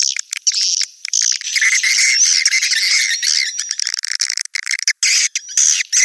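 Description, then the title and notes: Swiftlet chatter, a busy mix of high chirps, short trills and squeaks, with a few sudden breaks toward the end. Sound used in swiftlet farming in Asia. "Swiflet Bird Sound. Farming Swiflet Bird asia sound"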